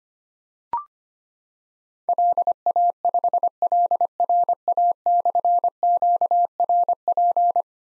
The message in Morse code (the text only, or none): LA5LRA/QRP